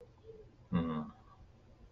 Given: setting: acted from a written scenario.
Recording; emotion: vocal sound without words; sadness